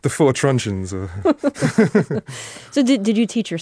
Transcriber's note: laughter